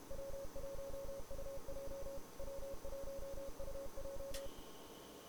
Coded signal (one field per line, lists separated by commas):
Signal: Morse code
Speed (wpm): 28 wpm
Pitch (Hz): 560 Hz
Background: none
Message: W1UJ W1UJ